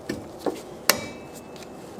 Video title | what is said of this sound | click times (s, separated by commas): Project Lexus Front Suspension Ep. 3 - Installation of the front suspension | there you go got a nice snap in there | 0.9 s